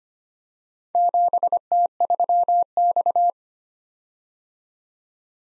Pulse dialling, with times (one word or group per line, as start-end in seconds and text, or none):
none